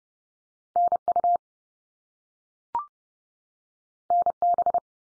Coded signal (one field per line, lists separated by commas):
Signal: Morse code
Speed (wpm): 30 wpm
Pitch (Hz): 700 Hz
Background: none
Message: NU NB